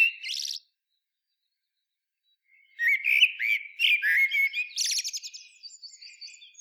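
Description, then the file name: Common blackbird: a brief high squeak, a pause of about two seconds, then a long fluty warbling phrase finishing in strained, rapid high chatter. "Turdus merula"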